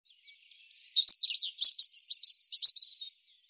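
European robin singing one high, thin phrase that opens softly, then tumbles through quick sweeping notes and trills for over two seconds before stopping.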